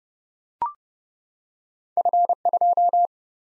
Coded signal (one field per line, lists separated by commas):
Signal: Morse code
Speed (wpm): 30 wpm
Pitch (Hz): 700 Hz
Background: none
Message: F2